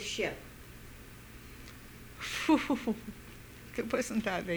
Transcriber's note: she laughs